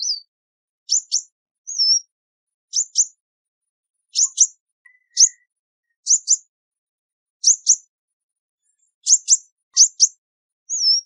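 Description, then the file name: Sunbird calls: crisp, very high double chips repeated throughout, with a few brief sliding whistles between. "Tieng chim hut mat"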